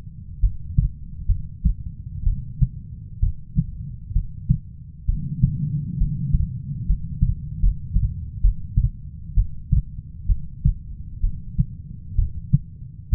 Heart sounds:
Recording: heart sounds by stethoscope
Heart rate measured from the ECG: 66 bpm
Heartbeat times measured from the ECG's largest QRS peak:
0.40 s: heartbeat
1.26 s: heartbeat
2.24 s: heartbeat
3.20 s: heartbeat
4.13 s: heartbeat
5.06 s: heartbeat
5.98 s: heartbeat
6.86 s: heartbeat
7.60 s: heartbeat
8.41 s: heartbeat
9.34 s: heartbeat
10.26 s: heartbeat
11.21 s: heartbeat
12.16 s: heartbeat
13.10 s: heartbeat
From the record:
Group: healthy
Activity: rest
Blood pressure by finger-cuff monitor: 130/70 mmHg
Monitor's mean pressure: 90 mmHg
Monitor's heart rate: 65 bpm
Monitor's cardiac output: 5.9 L/min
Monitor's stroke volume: 88 mL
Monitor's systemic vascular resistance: 1110 dyn s/cm5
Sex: female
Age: 37 years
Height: 168 cm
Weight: 70 kg

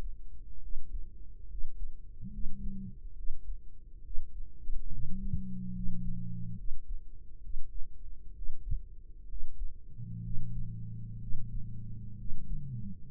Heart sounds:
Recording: heart sounds by microphone in the right ear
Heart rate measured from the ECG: 67 bpm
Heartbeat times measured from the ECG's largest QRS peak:
0.58 s: heartbeat
1.45 s: heartbeat
2.28 s: heartbeat
3.12 s: heartbeat
4.00 s: heartbeat
4.87 s: heartbeat
5.70 s: heartbeat
6.53 s: heartbeat
7.38 s: heartbeat
8.31 s: heartbeat
9.24 s: heartbeat
10.19 s: heartbeat
11.16 s: heartbeat
12.14 s: heartbeat
13.07 s: heartbeat
From the record:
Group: healthy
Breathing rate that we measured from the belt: 16 breaths a minute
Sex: female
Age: 23 years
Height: 160 cm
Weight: 50.4 kg

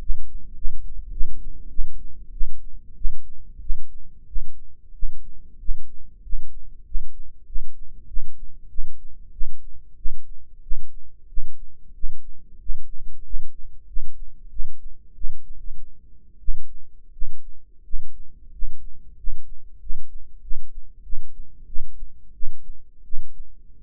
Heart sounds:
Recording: heart sounds by microphone in the right ear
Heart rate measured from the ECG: 93 bpm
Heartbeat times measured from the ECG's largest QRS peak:
0.01 s: heartbeat
0.56 s: heartbeat
1.12 s: heartbeat
1.70 s: heartbeat
2.32 s: heartbeat
2.96 s: heartbeat
3.61 s: heartbeat
4.27 s: heartbeat
4.94 s: heartbeat
5.59 s: heartbeat
6.23 s: heartbeat
6.85 s: heartbeat
7.46 s: heartbeat
8.08 s: heartbeat
8.70 s: heartbeat
9.32 s: heartbeat
9.97 s: heartbeat
10.63 s: heartbeat
11.29 s: heartbeat
11.94 s: heartbeat
12.60 s: heartbeat
13.24 s: heartbeat
13.87 s: heartbeat
14.50 s: heartbeat
15.15 s: heartbeat
15.53 s: heartbeat
16.40 s: heartbeat
17.13 s: heartbeat
17.84 s: heartbeat
18.52 s: heartbeat
19.17 s: heartbeat
19.80 s: heartbeat
20.42 s: heartbeat
21.03 s: heartbeat
21.67 s: heartbeat
22.34 s: heartbeat
23.04 s: heartbeat
23.78 s: heartbeat
From the record:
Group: healthy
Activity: rest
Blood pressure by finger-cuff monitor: 121/63 mmHg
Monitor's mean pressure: 79 mmHg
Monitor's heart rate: 94 bpm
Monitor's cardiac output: 9.9 L/min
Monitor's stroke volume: 102 mL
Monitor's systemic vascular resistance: 570 dyn s/cm5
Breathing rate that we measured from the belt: 10 breaths a minute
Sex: male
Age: 35 years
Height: 180 cm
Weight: 86.9 kg

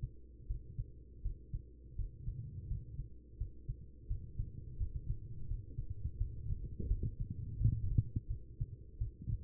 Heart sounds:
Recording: heart sounds by stethoscope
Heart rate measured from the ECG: 85 bpm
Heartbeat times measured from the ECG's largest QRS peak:
0.46 s: heartbeat
1.22 s: heartbeat
1.95 s: heartbeat
2.67 s: heartbeat
3.37 s: heartbeat
4.07 s: heartbeat
4.77 s: heartbeat
5.47 s: heartbeat
6.17 s: heartbeat
6.87 s: heartbeat
7.57 s: heartbeat
8.27 s: heartbeat
8.98 s: heartbeat
From the record:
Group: healthy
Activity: rest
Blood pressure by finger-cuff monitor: 122/78 mmHg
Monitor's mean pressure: 92 mmHg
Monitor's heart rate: 85 bpm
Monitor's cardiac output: 5.8 L/min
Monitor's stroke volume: 70 mL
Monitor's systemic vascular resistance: 1160 dyn s/cm5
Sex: female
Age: 43 years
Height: 160 cm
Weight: 90 kg

